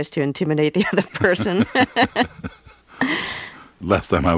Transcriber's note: laughter